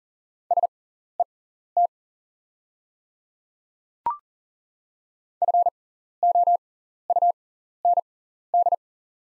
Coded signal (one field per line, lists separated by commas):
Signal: Morse code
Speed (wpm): 40 wpm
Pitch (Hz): 700 Hz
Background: none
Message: SET FOUND